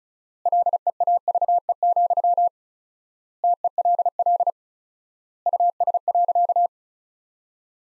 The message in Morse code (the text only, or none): LEAVE, TELL US.